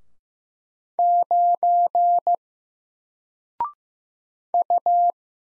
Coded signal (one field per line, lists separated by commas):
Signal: Morse code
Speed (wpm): 15 wpm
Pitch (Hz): 700 Hz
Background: none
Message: 9 U